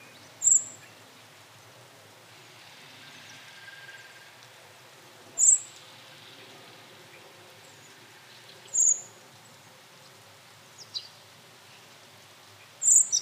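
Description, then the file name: Common blackbird giving short, very high, thin call notes spaced several seconds apart, four strong ones plus a couple of fainter ticks, over quiet background hiss. "Turdus merula"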